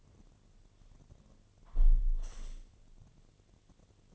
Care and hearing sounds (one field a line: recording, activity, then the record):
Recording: daily activity, microphone in the room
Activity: close window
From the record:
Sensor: 4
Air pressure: 1007.1 hPa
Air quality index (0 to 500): 182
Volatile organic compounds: 5 ppm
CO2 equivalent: 1809 ppm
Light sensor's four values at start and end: 23/73/28/27 and 23/73/28/27